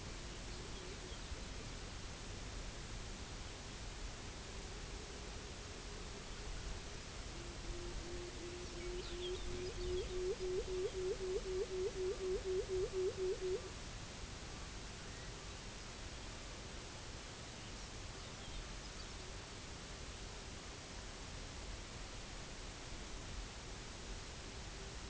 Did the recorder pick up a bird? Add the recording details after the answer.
yes. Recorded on Arctic tundra, site UTQI-0, on 16 June 2019. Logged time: 12:00